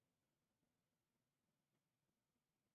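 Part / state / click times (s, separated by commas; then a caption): expansion card or adapter into a PCIe slot / not seated / none. An expansion card or adapter is pushed into a PCIe slot on a mining rig. Only a low, steady background hum with a few faint, soft bumps is heard, with no sharp sounds. Nothing has clicked or seated yet.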